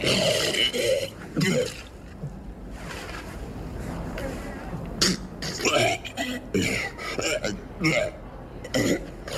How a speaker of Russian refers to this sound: Барона тошнит. Он рвет.